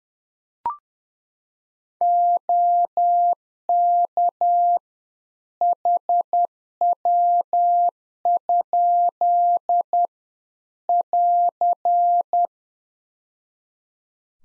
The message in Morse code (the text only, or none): OK HW? <AR>